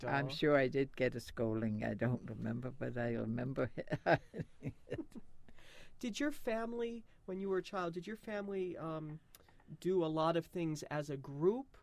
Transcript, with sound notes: I'm sure I did get a scolding. I don't remember but I remember... (she laughs)
Did your family, when you were a child, did your family do a lot of things as a group?